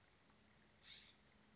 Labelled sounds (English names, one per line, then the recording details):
California Scrub-Jay
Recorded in Sonoma County, California